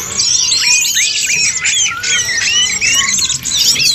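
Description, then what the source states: Birds chirping in a dense chorus, many overlapping high whistled and squeaky notes, some rising and falling sweeps, continuous throughout. Chirping birdsong recording made for training and tutoring favourite pet birds.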